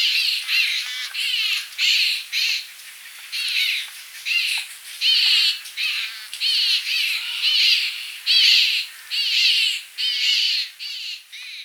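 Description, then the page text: Large grey babblers calling in a group: harsh, squeaky notes overlapping in many bursts, nearly continuous throughout. Family group calling together. "Large Grey Babbler Family Group Calls. Quick Sounds"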